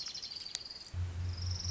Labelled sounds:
Orange-crowned Warbler (Leiothlypis celata)
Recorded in Sonoma County, California

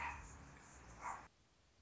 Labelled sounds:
Anna's Hummingbird (Calypte anna)
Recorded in Sonoma County, California

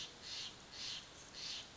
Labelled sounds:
Steller's Jay (Cyanocitta stelleri)
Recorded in Sonoma County, California

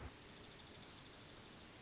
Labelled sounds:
Dark-eyed Junco (Junco hyemalis)
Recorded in Sonoma County, California

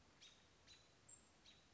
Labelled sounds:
American Robin (Turdus migratorius)
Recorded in Sonoma County, California

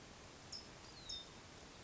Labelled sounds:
California Towhee (Melozone crissalis)
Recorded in Sonoma County, California

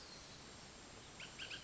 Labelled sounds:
Bullock's Oriole (Icterus bullockii)
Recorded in Sonoma County, California

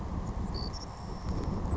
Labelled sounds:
Savannah Sparrow (Passerculus sandwichensis)
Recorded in Sonoma County, California

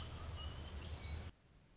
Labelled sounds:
Orange-crowned Warbler (Leiothlypis celata)
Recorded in Sonoma County, California

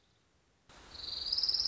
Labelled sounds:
Orange-crowned Warbler (Leiothlypis celata)
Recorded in Sonoma County, California

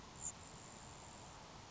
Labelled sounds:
Grasshopper Sparrow (Ammodramus savannarum)
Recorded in Sonoma County, California

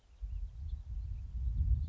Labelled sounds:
House Finch (Haemorhous mexicanus)
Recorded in Sonoma County, California

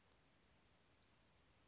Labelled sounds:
Western Flycatcher (Empidonax difficilis)
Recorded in Sonoma County, California

